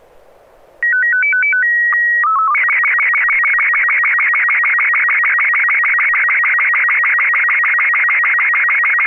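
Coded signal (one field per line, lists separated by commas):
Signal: SSTV (slow-scan television)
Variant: Robot 36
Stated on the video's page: SSTV net held on a 441.300 MHz FM repeater in Sacramento, using MMSSTV software.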